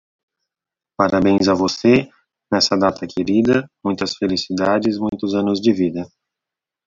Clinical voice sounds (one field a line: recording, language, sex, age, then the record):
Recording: short text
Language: Brazilian Portuguese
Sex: male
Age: 30 to 39 years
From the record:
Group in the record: control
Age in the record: 32 years